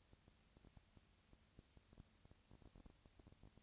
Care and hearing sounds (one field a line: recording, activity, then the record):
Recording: daily activity, microphone in the room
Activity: no activity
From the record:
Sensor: 2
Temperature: 20.1 degrees Celsius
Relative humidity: 35.5%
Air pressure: 996.9 hPa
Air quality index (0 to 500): 197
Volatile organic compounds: 30 ppm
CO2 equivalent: 2955 ppm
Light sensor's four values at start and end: 2/3/2/2 and 2/3/2/2